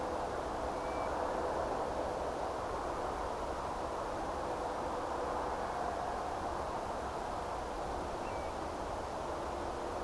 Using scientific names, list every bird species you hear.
Pluvialis apricaria